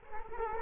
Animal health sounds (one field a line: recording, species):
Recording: mosquito wingbeat signal from an infrared sensor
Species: Culex quinquefasciatus